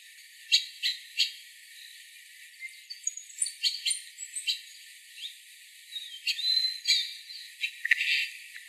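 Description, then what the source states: Common starling song: a jumble of sharp clicks, rattles and short whistles, with a few thin rising and falling whistled notes in the second half. Song (canto).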